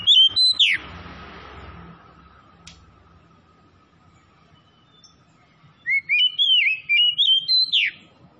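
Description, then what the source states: Oriental magpie-robin song: a short burst of slurred whistles, a long quiet gap with faint rumble, then a lively run of rising and falling whistled notes. Kacer from Tretes, singing vigorously (gacor).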